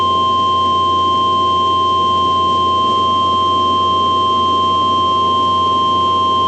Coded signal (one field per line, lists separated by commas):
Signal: Emergency Alert System (SAME) tones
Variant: 1050 Hz attention tone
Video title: EAS Shorts: Test Tornado Warning